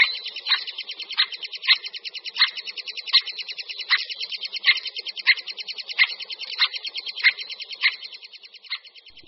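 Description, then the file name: Eurasian three-toed woodpecker calling with short, sharp notes repeated roughly every half second to second, set against a steady, dense high-pitched trilling chorus. "Datlík-tříprstý"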